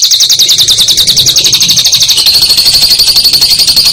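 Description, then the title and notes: Lovebird call: a continuous fast, shrill trill that flattens into a steadier buzzing tone halfway through. Used as masteran, training material for other songbirds. "Suara Burung Lovbred Buat Masteran"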